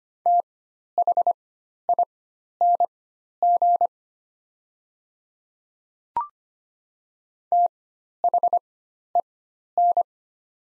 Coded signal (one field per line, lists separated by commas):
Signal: Morse code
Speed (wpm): 25 wpm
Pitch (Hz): 700 Hz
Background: none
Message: THING THEN